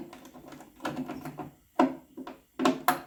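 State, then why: Seated. The rear of a new motorcycle tank shell is lined up and pushed down onto its quick-release fastener on the frame mount, with soft shuffling and handling noise at first. Two sharp clicks come at 1.8 s and 2.9 s as the fastener clicks in. The rear of the shell is seated and fits securely.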